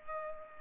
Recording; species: mosquito wingbeat signal from an infrared sensor; Culex pipiens